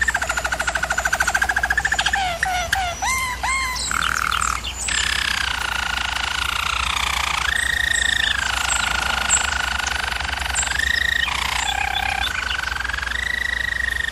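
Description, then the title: German Roller canary song with quick pulsed rolls, then long smooth sustained tours that dip and rise in pitch, flowing almost without a break. Canary song used for canary training. "German Roller Canary Singing - Canary Training"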